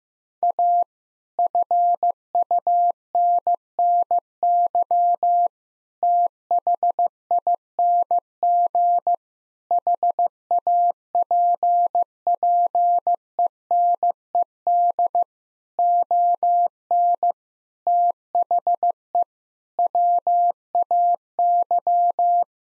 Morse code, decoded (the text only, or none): A FUNNY THING HAPPENED ON THE WAY